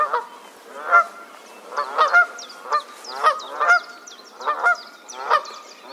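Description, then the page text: Canada goose giving strong, resonant honks in quick succession, a bit more than one each second, with faint high bird chirps behind. "Herman van der Meer - Канадская казарка (Branta canadensis)"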